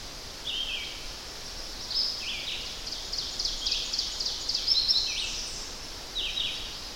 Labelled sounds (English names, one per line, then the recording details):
Ovenbird song
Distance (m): 60 m
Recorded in boreal forest in Alberta, Canada, on 10 June 2016 at 06:53
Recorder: SongMeter 3, array SBT-3-39
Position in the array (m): 196 m, 89 m
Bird 17